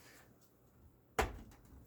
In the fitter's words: and it's going to pop in there so here we go you